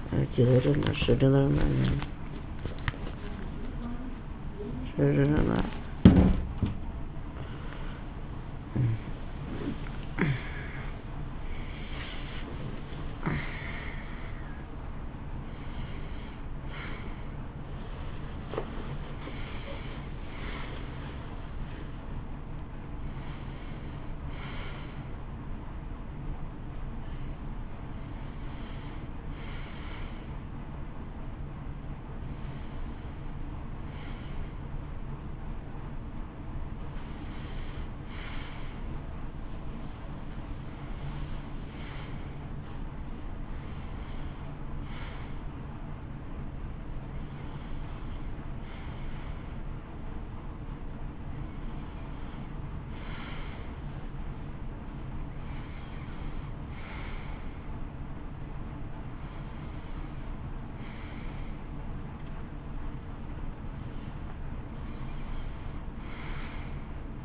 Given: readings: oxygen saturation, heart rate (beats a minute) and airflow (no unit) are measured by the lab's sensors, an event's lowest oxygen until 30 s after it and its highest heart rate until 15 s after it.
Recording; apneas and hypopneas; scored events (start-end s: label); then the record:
a person awake in a sleep study, by a smartphone at the bedside; none
0.00-67.25 s: awake
From the record:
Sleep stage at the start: awake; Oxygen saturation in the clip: 92 to 94%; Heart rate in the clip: 61 to 71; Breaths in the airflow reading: 16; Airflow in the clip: -13.4 to 14.5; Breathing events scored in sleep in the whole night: 328 in 6.3 hours asleep